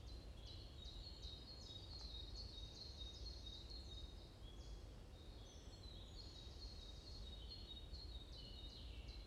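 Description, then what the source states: Birds chirping in overlapping high, rapid notes throughout, some falling, with low background rumble. Morning birds chirping around a forest in Bosvoorde, Watermaal-Bosvoorde, Brussels, Belgium; described as peaceful ('rust'); recorded with an AMBE VR microphone.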